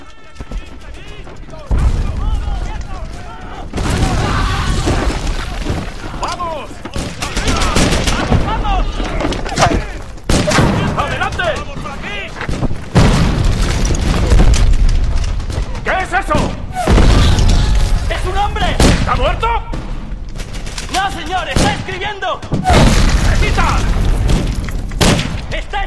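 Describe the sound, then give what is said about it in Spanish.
Wartime explosions from the film The Oxford Murders: heavy booms erupt again and again, loud and rumbling, with whistling shrapnel, sharp bursts of gunfire and crashing debris in between. Indistinct voices are buried in the din. “Trabajaba con la metralla silbando a su alrededor porque no podía esperar.”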